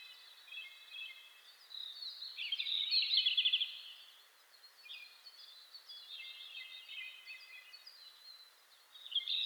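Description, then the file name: Red-flanked bluetail singing a clear, quick twittering phrase early on, standing out over a continuous wash of high chirps and warbles from other birds. Recorded 27 May 2007 at 04:26. "ruribitaki 20070527-0426"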